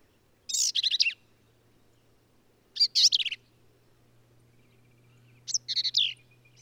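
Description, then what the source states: Black-capped vireo sings three separate emphatic phrases of jumbled high slurred notes, with a faint low hum in the background. Male singing lively, emphatic songs; phrases sung alone, truncated, embellished or run together; endangered species; hill country of Texas, near Hunt.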